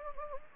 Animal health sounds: mosquito wingbeat signal from an infrared sensor; Anopheles gambiae

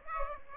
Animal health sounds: mosquito wingbeat signal from an infrared sensor; Aedes aegypti

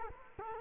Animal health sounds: mosquito wingbeat signal from an infrared sensor; Culex quinquefasciatus

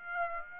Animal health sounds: mosquito wingbeat signal from an infrared sensor; Aedes aegypti

